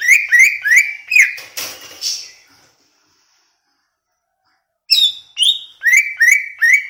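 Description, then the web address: Greater green leafbird song: quick series of loud whistled notes, breaking off into a brief rough burst, a silent pause, then resuming. Recorded in Banyuwangi; song described as gacor (vigorous, continuous singing). "cucak ijo banyuwangi"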